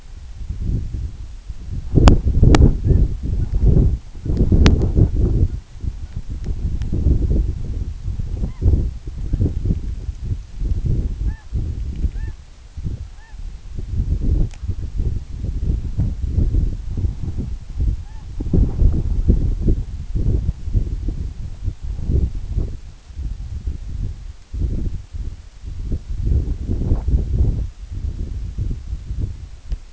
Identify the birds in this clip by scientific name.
Branta canadensis